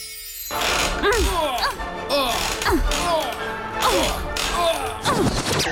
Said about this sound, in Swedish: Du har just hört ljud från en knarrande gungstol. Ljudupptagningar från en tennismatch.